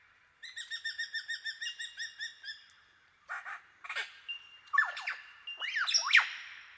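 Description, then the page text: Superb lyrebird song opening with about a dozen quick, evenly spaced harmonic chirps, then sharp clicks and a few loud twisting whistles after a short pause. "Большая птица-лира - Superb Lyrebird (Menura novaehollandiae)"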